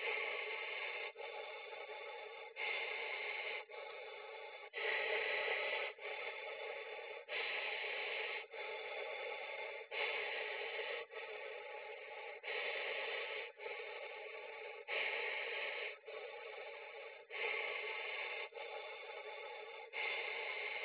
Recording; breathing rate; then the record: paced breathing near a phone; 24 breaths a minute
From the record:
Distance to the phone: 20 cm